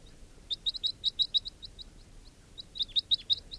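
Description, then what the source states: Crossbill flight calls, quick clipped chips in two rapid runs separated by a short pause, sharp and high over a quiet background. Wild male flying low near a captive bird, around 8:55.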